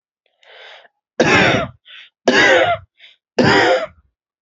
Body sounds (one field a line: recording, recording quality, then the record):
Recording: heavy voluntary cough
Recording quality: excellent, no background noise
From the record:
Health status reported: healthy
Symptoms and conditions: none ticked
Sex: male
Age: 27 years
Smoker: not ticked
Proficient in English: yes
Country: India